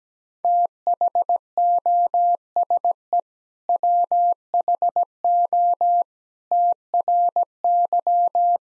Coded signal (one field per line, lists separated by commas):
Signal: Morse code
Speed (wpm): 17 wpm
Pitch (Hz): 700 Hz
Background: none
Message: THOSE WHO TRY